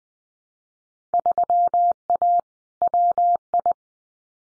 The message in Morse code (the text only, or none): 3A WI